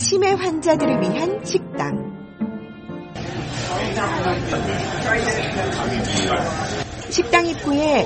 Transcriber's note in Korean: 현장음:버지니아 키친 식당